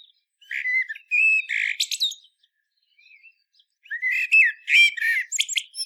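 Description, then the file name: Common blackbird giving two song phrases of fluted whistles and high chattering twitters, separated by a quiet gap of about two seconds. "Turdus merula"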